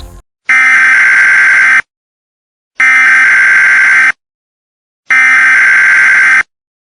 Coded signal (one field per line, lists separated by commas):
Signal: Emergency Alert System (SAME) tones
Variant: header bursts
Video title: How I make EAS Scenarios